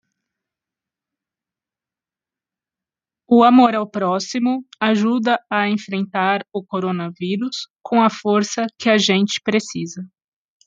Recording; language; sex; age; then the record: spoken sentence; Brazilian Portuguese; female; 40 to 49 years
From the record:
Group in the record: control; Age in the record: 42 years